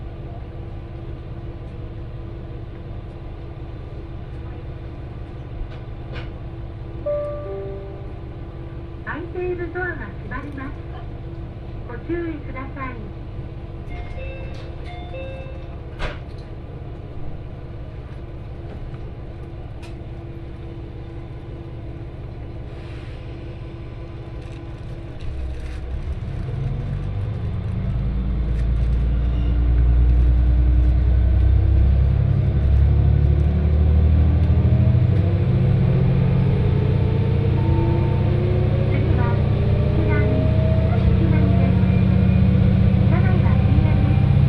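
A diesel train on the Etsumi-Hokusen line idles with soft clicks, then at about 25 seconds the engine roars louder and climbs steadily in pitch.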